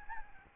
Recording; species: mosquito wingbeat signal from an infrared sensor; Aedes albopictus